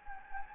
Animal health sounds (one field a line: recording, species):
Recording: mosquito wingbeat signal from an infrared sensor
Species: Anopheles gambiae